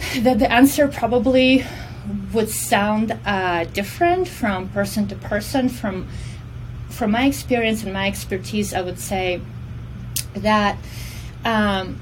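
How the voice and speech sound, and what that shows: Adult female speech with a Russian accent, with a prolonged sound, pauses and a repeated word, consistent with mild stuttering; she stutters and regards it as her disability.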